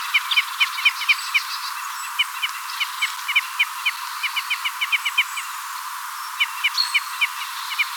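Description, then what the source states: Red crossbill giving clipped, dry kip calls, singly and in quick runs, with a short pause near the end. Red crossbill of call type N.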